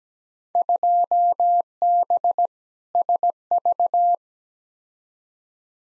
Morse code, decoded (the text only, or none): 2B SV